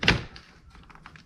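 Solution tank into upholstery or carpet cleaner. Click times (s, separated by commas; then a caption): 0.0 s, 0.1 s. After water is added to the cleaning solution, the solution tank is set back onto the upholstery or carpet cleaner and clicks in with a loud, sharp thunk at 0.0 and 0.1 seconds. Fainter taps and handling sounds follow, and the tank is seated.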